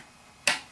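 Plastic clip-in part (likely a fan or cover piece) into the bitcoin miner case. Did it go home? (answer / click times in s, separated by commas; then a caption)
yes / 0.5 s. A plastic clip-in part is pressed into the case of a KNCminer Jupiter bitcoin miner during setup, where it snaps into place on both sides. Against a quiet background, one sharp snap is heard at 0.5 seconds and fades over a few tenths of a second. The part is seated.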